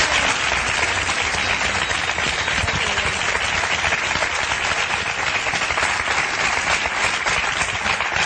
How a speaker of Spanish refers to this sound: Un fuerte aplauso para los cuatro.